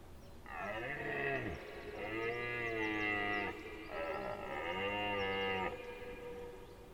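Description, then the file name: Deer uttering three sustained, mooing calls of one to two seconds each, the first falling in pitch at its start. "JELEN"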